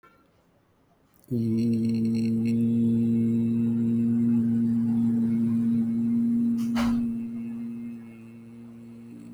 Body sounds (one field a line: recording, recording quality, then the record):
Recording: sustained vowel as in beet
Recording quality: excellent, no background noise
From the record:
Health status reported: healthy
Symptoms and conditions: diabetes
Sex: male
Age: 50 years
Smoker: yes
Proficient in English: yes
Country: India